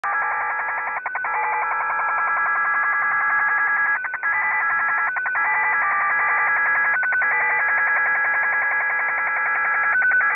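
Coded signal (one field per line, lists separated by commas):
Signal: HF data modem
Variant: XSL Japanese Slot Machine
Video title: |XSL "Japanese Slot Machine"| idle broadcast 9.June 2024 11:53 UTC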